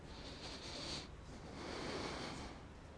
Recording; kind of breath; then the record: one breath in and out by a microphone near the nose and mouth; deep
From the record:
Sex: male